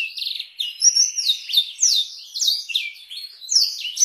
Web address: blackthroat suara-blackthroat